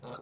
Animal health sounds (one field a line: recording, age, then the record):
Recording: pig call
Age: piglet (1 to 25 days)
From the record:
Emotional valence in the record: negative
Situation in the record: short isolation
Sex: male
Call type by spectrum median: low-frequency call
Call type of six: mixed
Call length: 0.22 s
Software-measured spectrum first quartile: 458 Hz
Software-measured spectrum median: 1090 Hz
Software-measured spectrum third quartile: 2787 Hz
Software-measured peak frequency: 499 Hz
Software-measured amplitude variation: 114 dB a second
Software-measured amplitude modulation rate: 25.1 a second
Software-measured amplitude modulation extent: 4.5 dB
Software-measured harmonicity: -0.1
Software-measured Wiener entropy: -2.30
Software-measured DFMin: 701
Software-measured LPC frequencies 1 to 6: 599, 1323, 2585, 3688, 4201, 5666 Hz